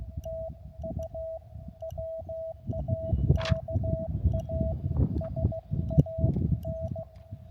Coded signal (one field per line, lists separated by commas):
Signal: Morse code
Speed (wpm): 15 wpm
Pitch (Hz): 650 Hz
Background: none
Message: TU WAKA SAN